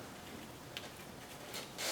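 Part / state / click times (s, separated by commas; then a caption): spark plug wire boot onto spark plug / not seated / none. The rubber boot of a spark plug wire on a Pontiac 2.2 engine is handled and pressed toward its spark plug. Faint ticking and rustling are heard, with a short sharp tick near 0.8 s and louder broadband rustles around 1.6 s and 1.9 s. Nothing has snapped into place yet.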